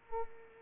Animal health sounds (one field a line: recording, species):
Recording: mosquito wingbeat signal from an infrared sensor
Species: Culex pipiens